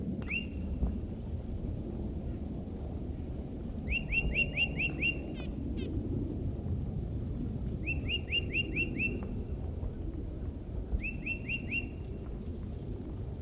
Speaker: That was the vocalizations of a tufted titmouse who's nearby.